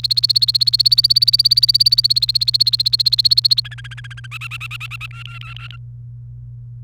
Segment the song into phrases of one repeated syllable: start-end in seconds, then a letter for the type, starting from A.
0.00-3.60 A, 3.65-4.26 B, 4.32-5.06 C, 5.11-5.76 D